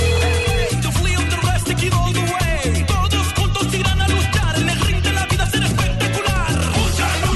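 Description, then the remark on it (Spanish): A telephone rings with the first incoming call to a Mexican radio station's call-in, its repeated electronic ringing mixed into loud, steady music with a heavy bass beat and no talking. “Tenemos la primera llamadita.”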